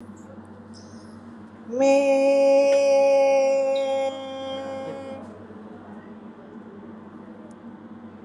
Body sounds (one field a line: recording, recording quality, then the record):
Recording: sustained vowel as in made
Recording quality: excellent, no background noise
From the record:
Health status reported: COVID-19 positive, mild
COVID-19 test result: positive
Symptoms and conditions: loss of smell and taste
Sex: female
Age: 55 years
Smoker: not ticked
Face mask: not worn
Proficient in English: yes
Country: India